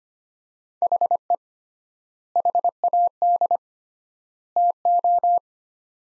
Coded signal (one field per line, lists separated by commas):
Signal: Morse code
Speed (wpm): 25 wpm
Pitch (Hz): 700 Hz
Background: none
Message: HE HAD TO